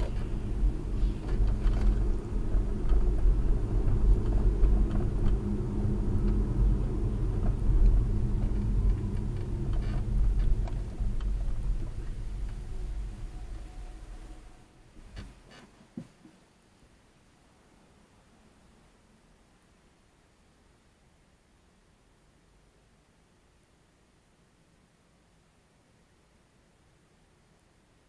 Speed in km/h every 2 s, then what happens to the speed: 31, 35, 34, 31, 23, 13, 5, 0, 0, 0, 0, 0, 0, 0.
0-5 steady at about 34. 5-13 brakes to 0. 13-28 standing.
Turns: none.